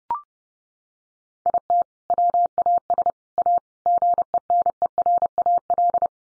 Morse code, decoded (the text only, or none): IT WAS A GENERAL